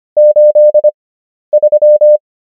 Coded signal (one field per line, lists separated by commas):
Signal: Morse code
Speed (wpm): 25 wpm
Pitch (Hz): 600 Hz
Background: none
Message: 83